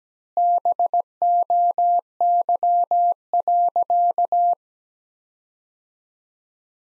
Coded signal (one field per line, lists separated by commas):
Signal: Morse code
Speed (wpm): 17 wpm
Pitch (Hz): 700 Hz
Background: none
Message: BOY.